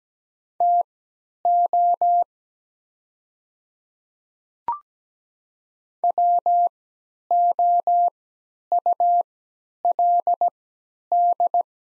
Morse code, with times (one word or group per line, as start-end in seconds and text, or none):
0.6-2.2 TO
6.0-11.6 WOULD